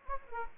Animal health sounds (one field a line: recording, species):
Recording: mosquito wingbeat signal from an infrared sensor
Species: Anopheles gambiae